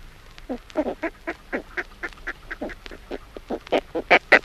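Northern fulmar giving a series of short, harsh, quacking notes that grow louder toward the end.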